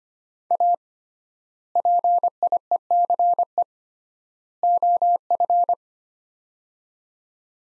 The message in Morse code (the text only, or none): A PIECE OF